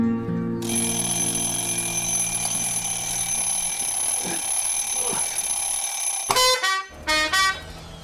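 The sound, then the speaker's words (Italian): An alarm clock rings at 6 in the morning with a steady, shrill electronic tone rich in overtones, then breaks into a few loud, rapid pulsing bursts near the end. No voices are heard. “La sveglia suonò alle 6 di mattina.”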